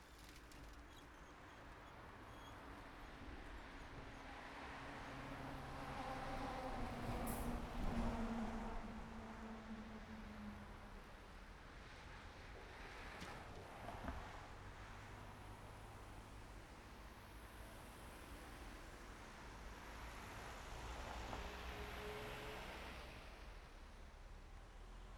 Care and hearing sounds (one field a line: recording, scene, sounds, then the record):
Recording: everyday scene through a hearing-aid microphone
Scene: in traffic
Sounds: traffic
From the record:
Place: main road on the outskirts, rush hour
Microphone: behind the ear, right, rear